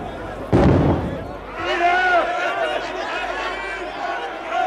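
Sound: gunshot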